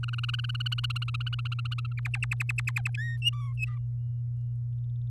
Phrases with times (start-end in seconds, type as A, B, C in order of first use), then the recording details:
0.03-1.93 A, 1.97-2.90 B, 2.97-3.17 C, 3.22-3.78 D. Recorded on 8 May 2018 at 05:54. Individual llb16